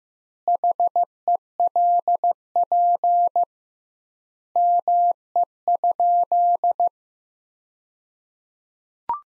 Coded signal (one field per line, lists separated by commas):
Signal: Morse code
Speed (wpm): 15 wpm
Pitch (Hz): 700 Hz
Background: none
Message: HELP ME?